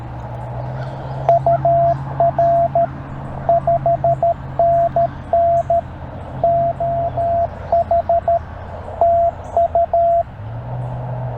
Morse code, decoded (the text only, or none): UR 5NN OH TU